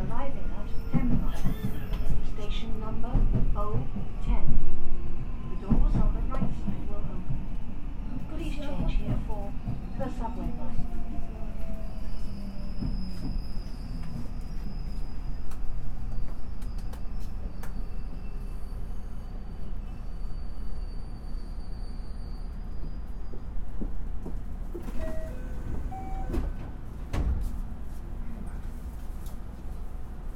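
Running sound of a JR West 323 series train on the Osaka Loop Line: a steady low rumble of the car in motion, with a faint tone gliding down early on. Clicks and knocks from the rails recur throughout, and a high whine appears midway.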